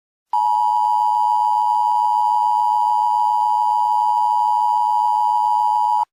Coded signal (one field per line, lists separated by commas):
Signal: Emergency Alert System (SAME) tones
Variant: 853 and 960 Hz attention tone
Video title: EAS Scenario - The Virus of Nazi Element (MY FIRST EVER SCENARIO, FEEDBACK IS APPRECIATED)